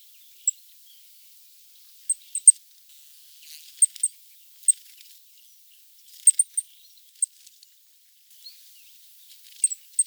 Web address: regulus regulus call